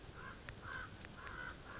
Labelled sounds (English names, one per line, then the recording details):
Common Raven
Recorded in Sonoma County, California